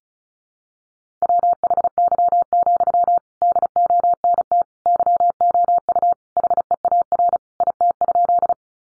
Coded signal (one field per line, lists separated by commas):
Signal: Morse code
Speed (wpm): 34 wpm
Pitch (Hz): 700 Hz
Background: none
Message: WHY, DONT YOU HEAR IT?